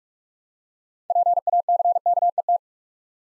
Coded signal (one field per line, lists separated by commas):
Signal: Morse code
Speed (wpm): 44 wpm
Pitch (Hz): 700 Hz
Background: none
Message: PACKET